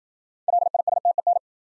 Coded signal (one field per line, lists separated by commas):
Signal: Morse code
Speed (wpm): 53 wpm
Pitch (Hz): 700 Hz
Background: none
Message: LISTEN